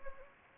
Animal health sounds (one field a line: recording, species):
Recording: mosquito wingbeat signal from an infrared sensor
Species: Anopheles gambiae